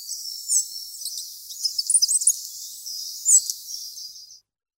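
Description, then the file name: Spotted flycatcher, high thin squeaks and short chirps in an irregular stream, a louder sharp note near the end before it stops. "pigliamosche"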